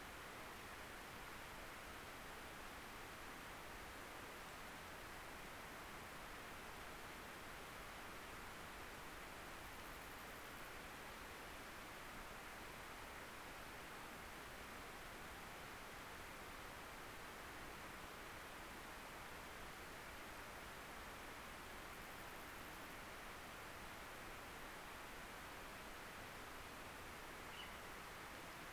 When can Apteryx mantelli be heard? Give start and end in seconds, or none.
none